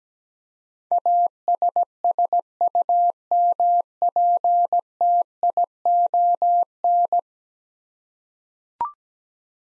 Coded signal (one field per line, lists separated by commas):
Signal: Morse code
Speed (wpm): 17 wpm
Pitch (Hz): 700 Hz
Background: none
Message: ASSUMPTION